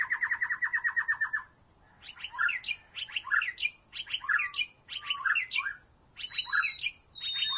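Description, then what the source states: White-rumped shama song: a fast even trill of repeated notes, followed by a string of separate phrases of clicks and whistles about once per second, ending in high pure whistles. Mixed bird song featuring the shama.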